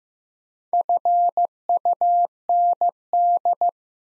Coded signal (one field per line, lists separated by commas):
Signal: Morse code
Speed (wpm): 15 wpm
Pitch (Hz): 700 Hz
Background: none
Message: FUND